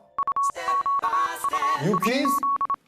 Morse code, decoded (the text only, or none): UQUIZ